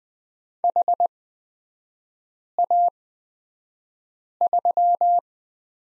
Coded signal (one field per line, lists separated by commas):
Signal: Morse code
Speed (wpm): 20 wpm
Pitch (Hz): 700 Hz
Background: none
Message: HA3